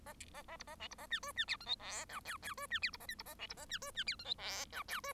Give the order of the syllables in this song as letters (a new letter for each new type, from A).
A A A B A C B A D E D F G H I J K K E D F B A L B A C B A D E D F G H I J K E